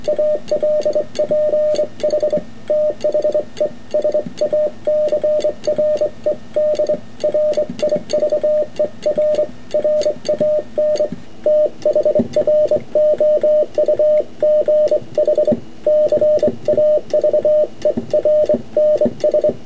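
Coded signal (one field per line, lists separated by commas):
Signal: Morse code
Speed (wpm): 24 wpm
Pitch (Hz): 600 Hz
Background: radio noise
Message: ALPH THE SACRED RIVER RAN THROUGH CAVERNS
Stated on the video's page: Sent on a right-angle semi-automatic bug by an unsteady operator; close-up camera mic makes the key sound noisier.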